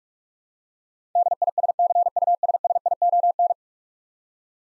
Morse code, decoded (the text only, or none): DISCUSSION